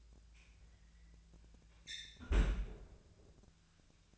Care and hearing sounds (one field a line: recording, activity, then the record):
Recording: daily activity, microphone in the room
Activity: close fridge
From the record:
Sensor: 2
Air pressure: 1009.5 hPa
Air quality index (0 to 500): 186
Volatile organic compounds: 11 ppm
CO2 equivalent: 2320 ppm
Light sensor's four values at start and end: 23/57/25/27 and 24/58/25/27